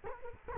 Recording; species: mosquito wingbeat signal from an infrared sensor; Culex quinquefasciatus